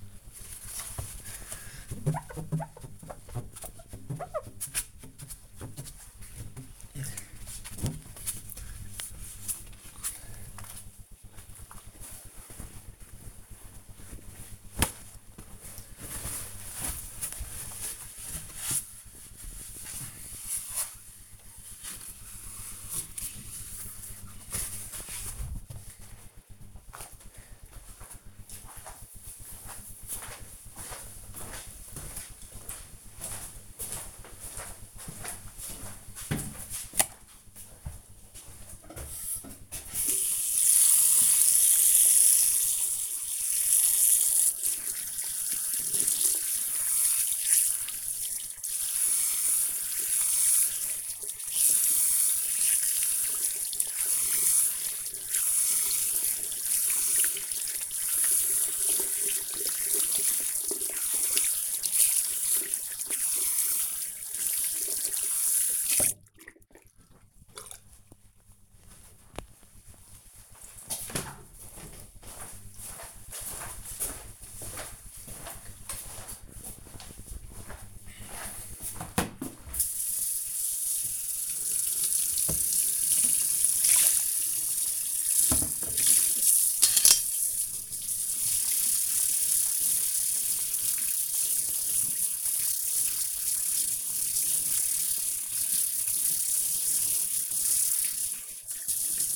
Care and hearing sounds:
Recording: household activities, microphone on the right wrist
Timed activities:
0.00-26.39 s: window cleaning
39.47-65.71 s: washing hands
80.83-99.36 s: washing dishes

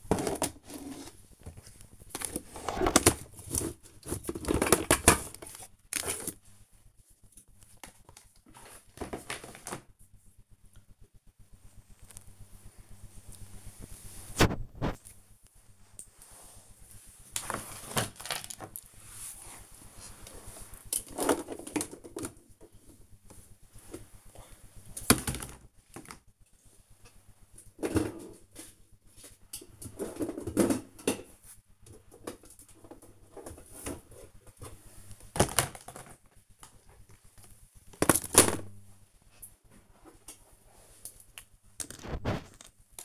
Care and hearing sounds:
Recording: household activities, microphone on the right wrist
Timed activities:
0.00-43.04 s: tidy up the cupboard

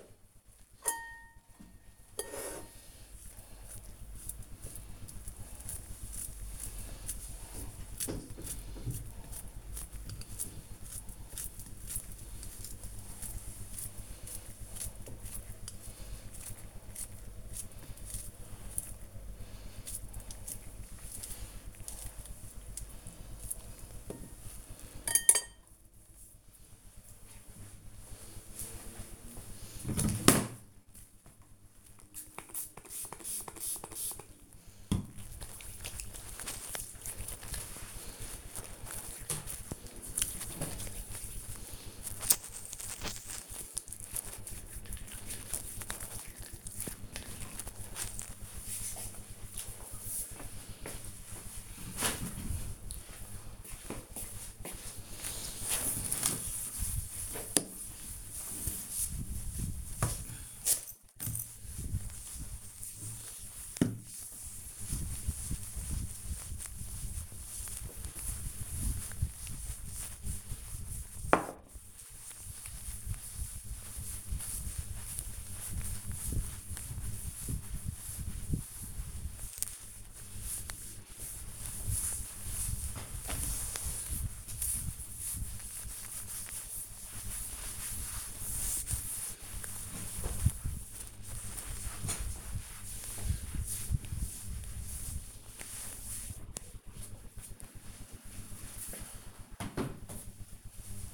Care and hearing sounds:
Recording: household activities, microphone on the right wrist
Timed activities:
0.58-24.72 s: cutting vegetables
30.74-46.86 s: disinfecting hands
53.88-96.16 s: cleaning table

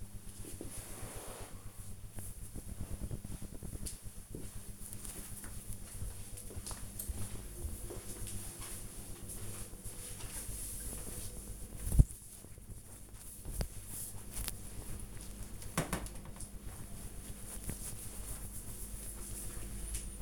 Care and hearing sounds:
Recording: household activities, microphone on the right wrist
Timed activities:
none

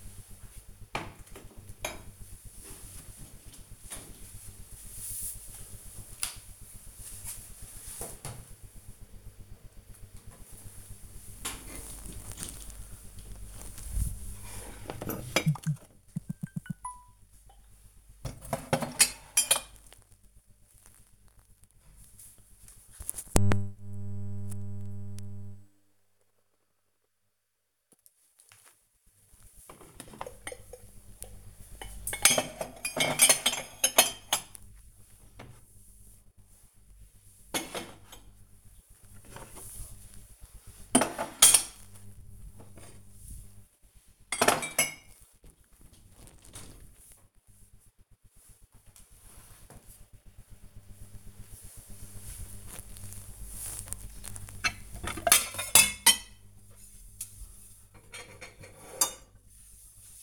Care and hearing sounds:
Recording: household activities, microphone on the right wrist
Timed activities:
9.85-46.15 s: putting away the dishes
53.18-60.23 s: washing dishes

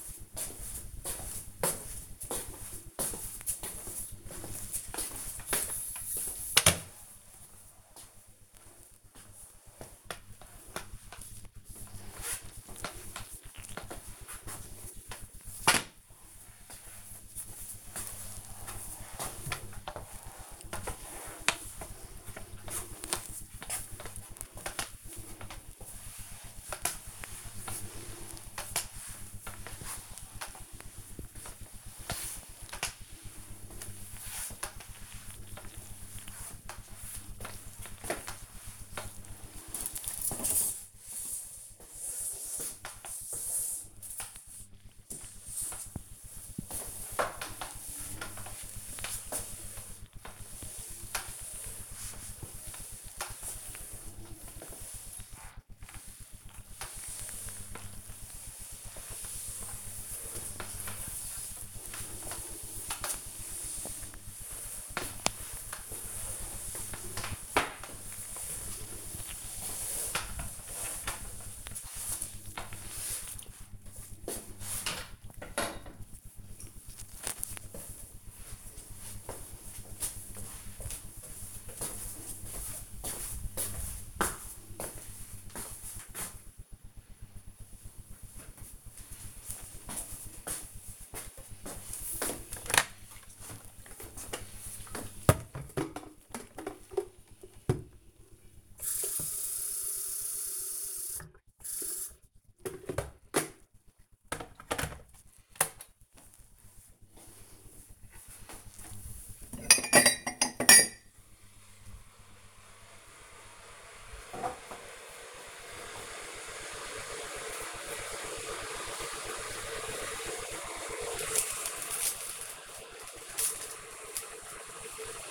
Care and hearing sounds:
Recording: household activities, microphone on the right wrist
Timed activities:
3.64-73.13 s: floor cleaning
91.25-125.31 s: making tea

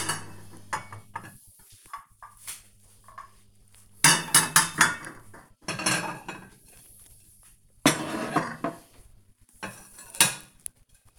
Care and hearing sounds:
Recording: household activities, microphone on the right wrist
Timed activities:
0.00-11.19 s: putting away the dishes

